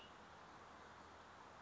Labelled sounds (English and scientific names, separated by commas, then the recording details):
Cassin's Vireo (Vireo cassinii)
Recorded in Sonoma County, California